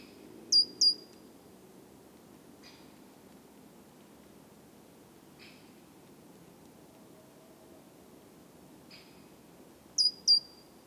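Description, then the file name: Great tit with a double high note, each one falling then level. Roughly nine seconds of quiet follow, with a few faint ticks, before the same pair returns. "Parus major"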